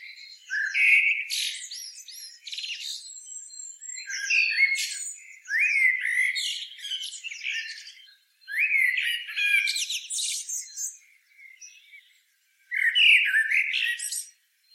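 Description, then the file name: Eurasian blackbird producing repeated bursts of scratchy, squawking phrases with high twittering, separated by brief silences. "Turdus merula"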